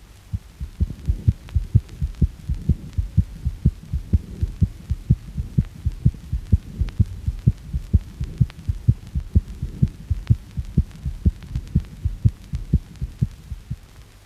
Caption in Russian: Нормальное сердцебиение родившегося ребенка.